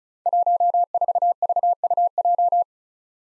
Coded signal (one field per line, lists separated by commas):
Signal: Morse code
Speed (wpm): 36 wpm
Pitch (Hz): 700 Hz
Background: none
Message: 14VUJ